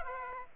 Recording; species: mosquito wingbeat signal from an infrared sensor; Aedes aegypti